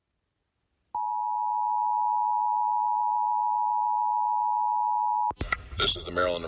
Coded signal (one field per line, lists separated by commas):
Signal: Emergency Alert System (SAME) tones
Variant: 853 and 960 Hz attention tone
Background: speech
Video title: All EAS alerts I played on WXRchive on iPad Air 2